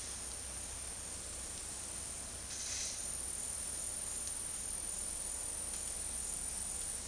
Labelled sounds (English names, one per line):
none